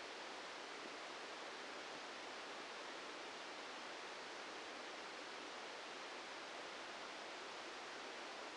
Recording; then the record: brain microelectrode recording played as sound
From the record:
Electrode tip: outside the subthalamic nucleus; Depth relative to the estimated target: 3 mm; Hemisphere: left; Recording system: NeuroSet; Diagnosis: Parkinson's disease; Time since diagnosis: 14 years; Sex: male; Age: 51 years